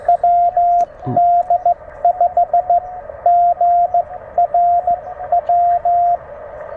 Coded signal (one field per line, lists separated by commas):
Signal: Morse code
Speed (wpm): 15 wpm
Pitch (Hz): 690 Hz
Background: radio noise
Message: WD5GRW